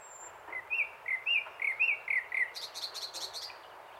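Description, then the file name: Common nightingale song: a string of rolling, looping whistled notes, then a fast buzzy rattle of high chips, with faint background hiss. "Luscinia megarhynchos"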